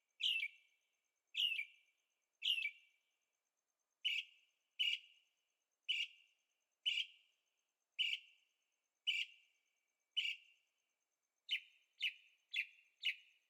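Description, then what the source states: Bird chirps: short downslurred notes, repeated roughly once a second, quickening into a tight burst of four at the end, with nothing else audible. Birds singing at night in Carefree, Arizona; recorded with a Zoom H6 and stereo microphones.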